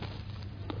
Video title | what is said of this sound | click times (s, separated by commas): MONTAGEFR_part1.mp4 | rabaisse le levier jusqu'au clic et c'est tout il est fixé dans | 0.7 s